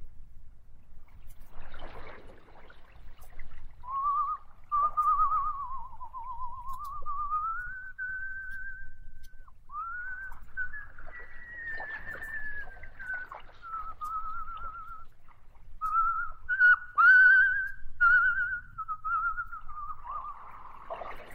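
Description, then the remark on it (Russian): In a radio play, a man sitting beside a sleeping companion, spitting thoughtfully to the side, gives a slow, melancholy whistle through the teeth, wavering around a mid pitch in a long drifting tune with brief breaks, over faint low background noise. No one speaks. “А Челкаш, сидя рядом с ним, примерял себе на ногу чей-то сапог и, задумчиво сплевывая в сторону, грустно свистел сквозь зубы.”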